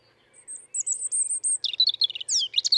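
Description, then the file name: European robin song phrase: sweet, very high sustained whistles, then a fast tumbling warble of liquid trills and steep sliding notes. "Erithacus rubecula"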